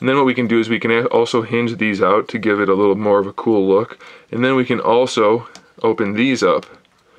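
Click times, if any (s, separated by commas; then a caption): none. Hinged plastic panels on the backpack of a Robot Damashii (Spirits) Tallgeese action figure are handled and swung out while someone talks throughout. Nothing has seated or clicked yet; the panels have not snapped into their open position by the end of the clip.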